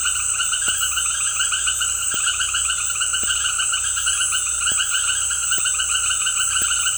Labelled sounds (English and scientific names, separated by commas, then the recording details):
none
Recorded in dense forest near Puerto Asís, Putumayo, Colombia, on 21 February 2024 at 18:30
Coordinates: 0.487, -76.319
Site G6403